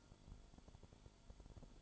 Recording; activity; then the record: daily activity, microphone in the room; light off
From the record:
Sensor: 5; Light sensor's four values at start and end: 35/82/34/34 and 35/82/34/34